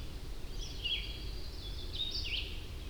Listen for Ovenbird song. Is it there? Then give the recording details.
no. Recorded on 25 June 2016 at 07:16. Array SBT-6-76